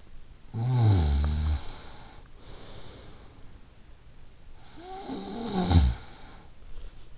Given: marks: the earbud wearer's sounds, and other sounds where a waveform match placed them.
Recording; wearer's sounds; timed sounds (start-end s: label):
sounds in sleep by an in-ear microphone; snoring breath
0.57-3.47 s: snoring breath
4.57-7.01 s: snoring breath